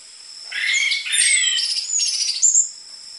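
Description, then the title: Orange-headed thrush song: a dense, varied phrase of rich warbled and rasping notes lasting about two seconds, ending in a bright high flourish over a steady high-pitched whine. Lure recording for training caged orange-headed thrushes; prolific singing with dense fill material, suited as master song for the spotted Trotol form. "PANCINGAN Anis Merah Gacor Materi Isian Rapat Cocok Untuk MASTERAN Anis Merah TROTOL"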